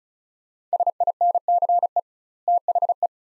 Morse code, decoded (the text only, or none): SINCE THE